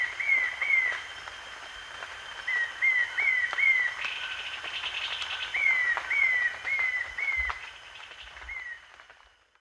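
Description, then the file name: Short-tailed babbler calls: clear downslurred whistles in short runs of a few, repeated in bursts, over steady insect hum and forest background. At Danum on 1 March 2008. "DANUM 20080301"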